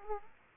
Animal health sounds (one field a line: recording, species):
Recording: mosquito wingbeat signal from an infrared sensor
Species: Aedes aegypti